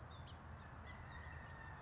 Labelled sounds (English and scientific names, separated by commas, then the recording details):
House Finch (Haemorhous mexicanus)
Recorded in Sonoma County, California